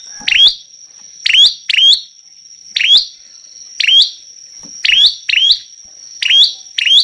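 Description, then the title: Prinia producing a lively series of high, flicked chirps, often in close pairs, with a thin steady tone throughout. Vigorously singing ('gacor') prinia, recorded as a tutor track ('masteran') for training songbirds. "Prenjak Lancur Gacor Untuk Masteran"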